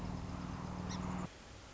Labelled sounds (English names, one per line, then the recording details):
Song Sparrow
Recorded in Sonoma County, California